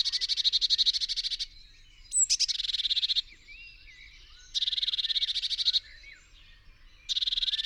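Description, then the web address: Eurasian blue tit harsh churring, four fast rattling bursts with pauses, and thin whistled notes in the quiet spells. "SETE Cyanistes caeruleus"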